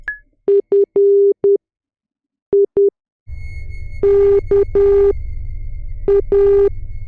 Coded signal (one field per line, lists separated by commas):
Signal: Morse code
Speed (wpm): 10 wpm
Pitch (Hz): 400 Hz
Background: none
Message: FIKA